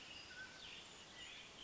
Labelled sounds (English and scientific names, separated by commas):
Mountain Quail (Oreortyx pictus)